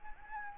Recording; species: mosquito wingbeat signal from an infrared sensor; Anopheles gambiae